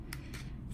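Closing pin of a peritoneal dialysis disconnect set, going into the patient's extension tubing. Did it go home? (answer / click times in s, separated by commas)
released / 0.1 s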